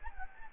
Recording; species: mosquito wingbeat signal from an infrared sensor; Anopheles gambiae